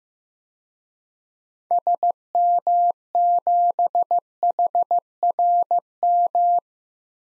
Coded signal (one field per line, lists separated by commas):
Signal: Morse code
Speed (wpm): 15 wpm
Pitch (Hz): 700 Hz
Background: none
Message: SM7HRM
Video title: DXCC-100 Call Signs - 6 Character 15wpm